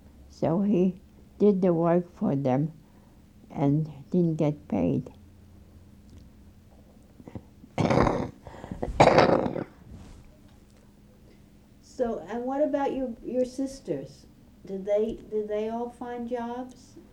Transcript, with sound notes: So he did the work for them, and didn't get paid. (coughs)
So, and what about your sisters? Did they, did they all find jobs?